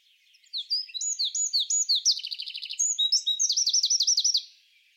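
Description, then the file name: Eurasian wren song: a loud, rapid burst of high, sharp notes and trills lasting about four seconds, with fast repeated phrases and a rattling section midway. "Troglodytes troglodytes"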